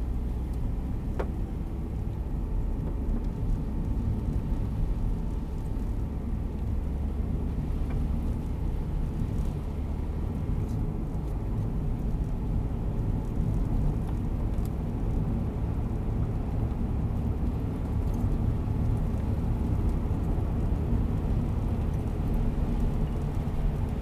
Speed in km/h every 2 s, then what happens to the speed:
44, 47, 47, 49, 52, 55, 59, 63, 67, 71, 76, 77.
0-19 speeds up to 76.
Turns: none.